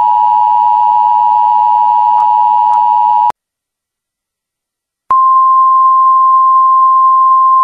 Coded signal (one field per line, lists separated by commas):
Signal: Emergency Alert System (SAME) tones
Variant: 853 and 960 Hz attention tone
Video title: EAS MOCK #5- High Wind Warning/Fire Message